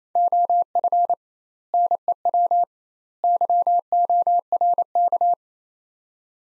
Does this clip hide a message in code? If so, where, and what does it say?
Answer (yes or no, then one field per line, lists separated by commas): yes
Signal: Morse code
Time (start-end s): 0.2-5.3 s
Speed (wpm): 28 wpm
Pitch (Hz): 700 Hz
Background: none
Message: OF NEW YORK